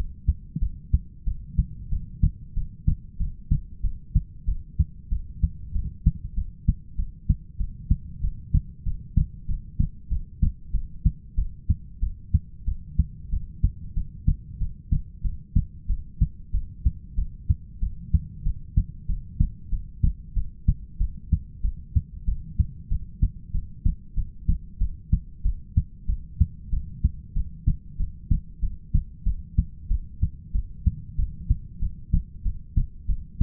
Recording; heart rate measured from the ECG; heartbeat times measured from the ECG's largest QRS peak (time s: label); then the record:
heart sounds by stethoscope; 94 bpm
0.60 s: heartbeat
1.26 s: heartbeat
1.90 s: heartbeat
2.55 s: heartbeat
3.19 s: heartbeat
3.82 s: heartbeat
4.46 s: heartbeat
5.10 s: heartbeat
5.73 s: heartbeat
6.36 s: heartbeat
6.97 s: heartbeat
7.58 s: heartbeat
8.22 s: heartbeat
8.85 s: heartbeat
9.47 s: heartbeat
10.10 s: heartbeat
10.72 s: heartbeat
11.36 s: heartbeat
12.01 s: heartbeat
12.66 s: heartbeat
13.31 s: heartbeat
13.95 s: heartbeat
14.59 s: heartbeat
15.23 s: heartbeat
15.88 s: heartbeat
16.52 s: heartbeat
17.16 s: heartbeat
17.81 s: heartbeat
18.44 s: heartbeat
19.08 s: heartbeat
19.71 s: heartbeat
20.35 s: heartbeat
20.99 s: heartbeat
21.63 s: heartbeat
22.26 s: heartbeat
22.90 s: heartbeat
23.53 s: heartbeat
24.16 s: heartbeat
24.79 s: heartbeat
25.44 s: heartbeat
26.07 s: heartbeat
26.71 s: heartbeat
27.35 s: heartbeat
27.98 s: heartbeat
28.61 s: heartbeat
29.25 s: heartbeat
29.89 s: heartbeat
30.53 s: heartbeat
31.17 s: heartbeat
31.81 s: heartbeat
32.44 s: heartbeat
33.08 s: heartbeat
From the record:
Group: heart failure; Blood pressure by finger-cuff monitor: 103/66 mmHg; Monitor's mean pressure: 80 mmHg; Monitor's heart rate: 94 bpm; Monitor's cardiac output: 8 L/min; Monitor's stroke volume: 85 mL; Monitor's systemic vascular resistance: 710 dyn s/cm5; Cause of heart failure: ischemic heart disease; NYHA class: 1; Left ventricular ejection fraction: 38%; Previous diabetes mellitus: present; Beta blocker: bisoprolol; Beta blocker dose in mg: 15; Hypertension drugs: sacubitril-valsartan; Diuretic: furosemide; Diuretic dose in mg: 20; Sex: male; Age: 33 years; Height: 172 cm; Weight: 78.5 kg